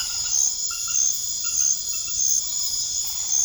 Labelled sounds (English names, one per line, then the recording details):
none
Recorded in secondary vegetation near Puerto Asís, Putumayo, Colombia, on 24 March 2025 at 21:30
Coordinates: 0.489, -76.322
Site G042